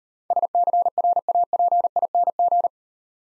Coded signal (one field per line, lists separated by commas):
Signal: Morse code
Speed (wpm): 38 wpm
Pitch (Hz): 700 Hz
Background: none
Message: SCRAPING